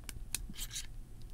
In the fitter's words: okay there it is snaps into place just like that